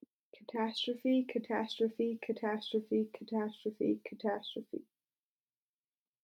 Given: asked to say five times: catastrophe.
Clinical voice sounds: repeated word; female; 20 to 29 years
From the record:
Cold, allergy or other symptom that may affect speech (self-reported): no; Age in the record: 20 years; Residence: Utah, United States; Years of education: 13

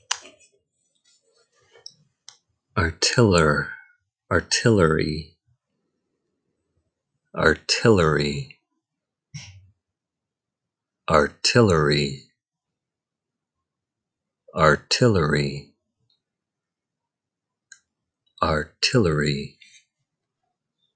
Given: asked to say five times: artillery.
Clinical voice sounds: repeated word; male; 20 to 29 years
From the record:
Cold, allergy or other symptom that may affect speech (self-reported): no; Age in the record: 29 years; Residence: California, United States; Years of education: 12

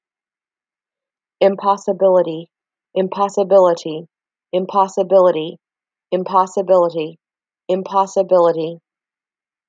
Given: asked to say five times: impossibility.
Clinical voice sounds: repeated word; female; 50 to 59 years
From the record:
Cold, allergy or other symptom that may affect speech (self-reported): no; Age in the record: 57 years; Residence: Florida, United States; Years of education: 18

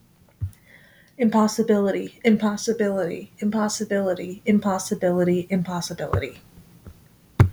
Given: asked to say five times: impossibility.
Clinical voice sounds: repeated word; male; 20 to 29 years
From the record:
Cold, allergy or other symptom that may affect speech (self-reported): no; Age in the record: 28 years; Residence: New York, United States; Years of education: 16

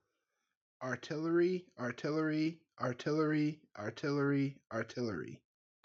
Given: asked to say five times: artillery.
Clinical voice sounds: repeated word; male; 30 to 39 years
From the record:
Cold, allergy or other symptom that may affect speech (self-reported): no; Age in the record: 34 years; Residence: Massachusetts, United States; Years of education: 12

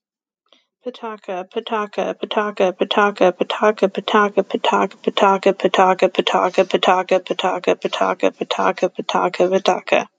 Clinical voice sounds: repeated syllables /pa ta ka/; female; 40 to 49 years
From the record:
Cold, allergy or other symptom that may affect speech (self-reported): no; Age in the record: 41 years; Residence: Arizona, United States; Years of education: 16

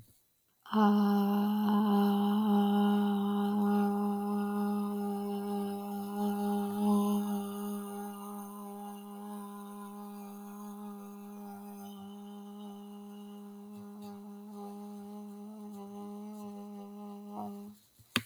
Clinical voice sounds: vowel held as long as possible; female; 20 to 29 years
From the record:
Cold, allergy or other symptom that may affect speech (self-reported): no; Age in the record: 24 years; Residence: Kentucky, United States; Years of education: 15

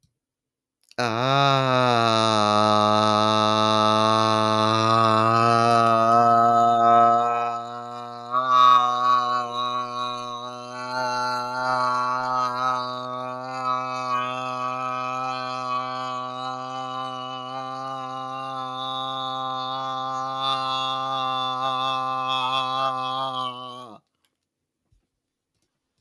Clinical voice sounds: vowel held as long as possible; male; 20 to 29 years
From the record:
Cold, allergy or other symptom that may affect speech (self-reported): no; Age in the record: 27 years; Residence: Georgia, United States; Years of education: 12

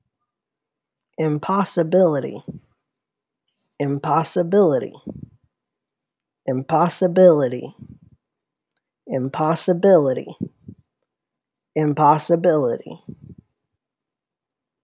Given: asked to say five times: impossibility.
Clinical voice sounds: repeated word; male; 30 to 39 years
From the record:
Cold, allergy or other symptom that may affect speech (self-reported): no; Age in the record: 34 years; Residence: Kentucky, United States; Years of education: 14

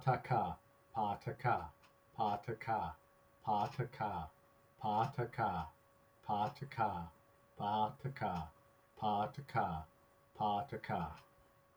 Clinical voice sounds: repeated syllables /pa ta ka/; male; 50 to 59 years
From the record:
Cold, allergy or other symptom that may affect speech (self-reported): no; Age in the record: 55 years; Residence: New Hampshire, United States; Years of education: 16

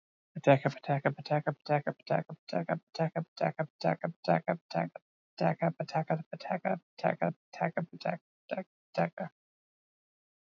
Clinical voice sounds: repeated syllables /pa ta ka/; male; 30 to 39 years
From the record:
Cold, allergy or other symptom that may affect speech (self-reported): no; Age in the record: 37 years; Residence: Missouri, United States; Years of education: 18

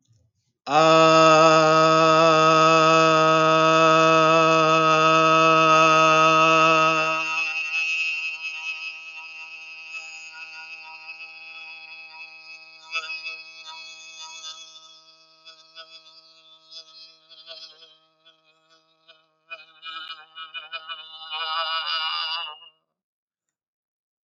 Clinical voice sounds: vowel held as long as possible; male; 20 to 29 years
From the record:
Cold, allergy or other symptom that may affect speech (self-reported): no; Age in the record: 22 years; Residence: Maryland, United States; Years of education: 13

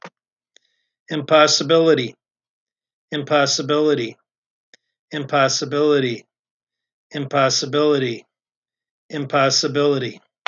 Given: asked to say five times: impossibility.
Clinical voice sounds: repeated word; male; 40 to 49 years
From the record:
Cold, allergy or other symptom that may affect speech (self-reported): no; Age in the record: 48 years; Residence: Minnesota, United States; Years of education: 18

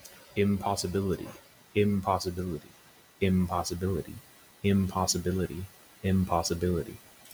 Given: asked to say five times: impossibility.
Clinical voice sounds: repeated word; male; 20 to 29 years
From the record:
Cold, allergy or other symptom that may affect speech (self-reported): no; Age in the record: 25 years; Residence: Florida, United States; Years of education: 15

